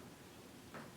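A lamp plug is pressed onto the pins of a UV lamp in an air purifier panel. Over steady background hiss, a short, brighter snap at 0.7 s marks the plug snapping into place, seated.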